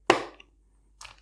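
A RAM module is lined up in a motherboard DIMM slot and pushed down at each edge until the plastic retention clips snap shut. A sharp, loud click at 0.1 s rings out and fades, followed by a faint tick near 0.4 s and a softer pair of clicks around 1.0–1.2 s. The RAM is seated in the slot.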